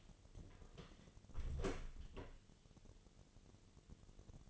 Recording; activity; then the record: daily activity, microphone in the room; close door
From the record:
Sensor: 4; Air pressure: 1016.0 hPa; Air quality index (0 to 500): 200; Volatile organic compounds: 11 ppm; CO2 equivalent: 2287 ppm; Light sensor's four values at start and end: 9/20/8/7 and 9/20/8/7